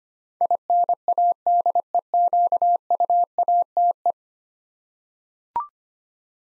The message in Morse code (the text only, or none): INADEQUATE